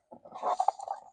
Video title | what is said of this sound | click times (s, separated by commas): EZX 12713 2023+ Ford Power Stroke Installation | You'll hear it click when it goes together. | 0.6 s, 0.7 s